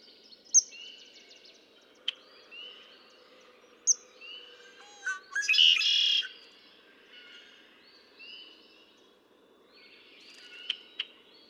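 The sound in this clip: Red-winged blackbird: scattered sharp chips, then a gurgling phrase ending in a loud buzzy trill, followed by more clicks, with faint whistled notes behind.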